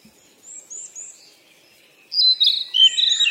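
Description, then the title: Bird chirping: faint high notes at first, then a loud, busy burst of twittering phrases in the last second and a half. "鸟儿喳喳"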